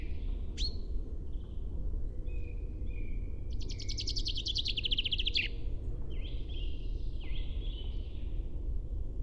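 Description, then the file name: Common chaffinch singing a rapid, slightly descending trill of about two seconds, among thin whistles over a steady low rumble. "Fringilla coelebs"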